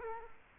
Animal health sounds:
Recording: mosquito wingbeat signal from an infrared sensor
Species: Culex quinquefasciatus

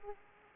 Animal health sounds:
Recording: mosquito wingbeat signal from an infrared sensor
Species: Aedes aegypti

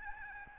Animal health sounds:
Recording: mosquito wingbeat signal from an infrared sensor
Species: Aedes albopictus

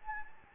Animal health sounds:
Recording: mosquito wingbeat signal from an infrared sensor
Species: Anopheles gambiae

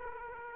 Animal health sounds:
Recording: mosquito wingbeat signal from an infrared sensor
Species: Aedes aegypti

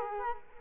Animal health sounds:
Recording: mosquito wingbeat signal from an infrared sensor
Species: Culex quinquefasciatus

